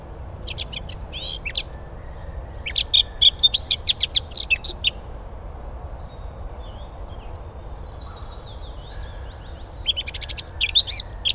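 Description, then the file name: Eurasian blackcap song: short bursts of quick, scratchy high warbling near the start and middle, a quiet stretch with faint thin whistles, then another brief warbled burst near the end. "Sylvia atricapilla"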